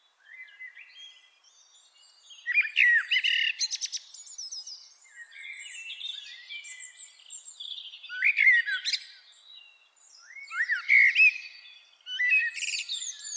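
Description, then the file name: Common blackbird singing mellow whistled phrases that break into thin, scratchy twittering, several times over, with softer chirping in between. "Turdus merula"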